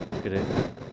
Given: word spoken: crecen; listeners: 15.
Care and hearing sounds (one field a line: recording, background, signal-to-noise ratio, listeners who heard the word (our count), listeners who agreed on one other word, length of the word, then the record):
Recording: one Spanish word in noise, from a listening test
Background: noise modulated by three-talker babble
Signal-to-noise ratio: -4.1 dB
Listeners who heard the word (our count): 0 of 15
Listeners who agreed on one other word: 8 of 15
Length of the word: 0.52 s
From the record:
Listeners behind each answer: 8, 2, 2, 1, 1, 1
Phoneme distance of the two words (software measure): 7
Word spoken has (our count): 2 syllables, 6 phonemes, stress on syllable 1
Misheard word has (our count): 2 syllables, 5 phonemes, stress on syllable 1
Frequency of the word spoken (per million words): 10.16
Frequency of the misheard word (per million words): 21.02